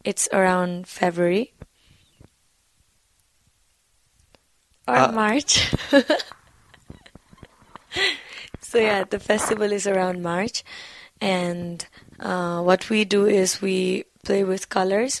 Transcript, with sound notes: It's around February... March. (Laughter) So yeah, the festival is around March and what we do is we play with colors.